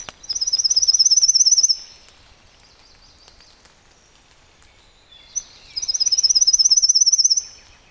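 Pale-legged leaf warbler song, two rapid pulsed trills, very high and even, each lasting about one and a half seconds with a long silent gap between.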